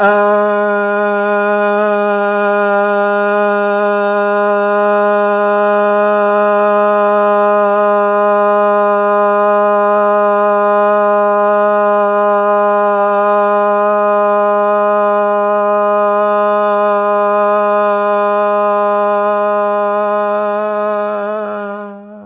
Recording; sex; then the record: sustained vowel /a/; male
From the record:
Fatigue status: no fatigue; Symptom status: asymptomatic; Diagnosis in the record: COVID-19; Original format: 3gp